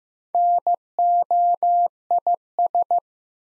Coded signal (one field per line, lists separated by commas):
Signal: Morse code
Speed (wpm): 15 wpm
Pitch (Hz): 700 Hz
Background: none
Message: NOIS